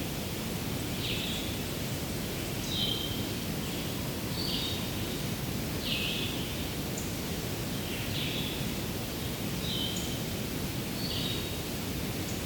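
Short, bright songbird phrases, likely red-eyed vireos, repeat every second or two over a steady, heavy rushing roar of falling water.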